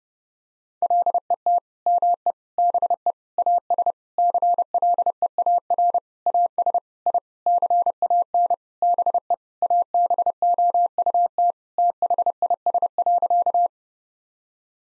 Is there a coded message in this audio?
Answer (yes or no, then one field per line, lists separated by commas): yes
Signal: Morse code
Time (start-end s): 0.8-13.7 s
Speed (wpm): 30 wpm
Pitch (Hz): 700 Hz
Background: none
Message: LET ME BE AS CLEAR AS I CAN BE ABOUT THIS.